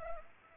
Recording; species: mosquito wingbeat signal from an infrared sensor; Culex pipiens